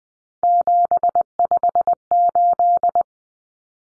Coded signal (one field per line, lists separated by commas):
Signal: Morse code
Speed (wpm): 20 wpm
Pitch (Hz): 700 Hz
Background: none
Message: 758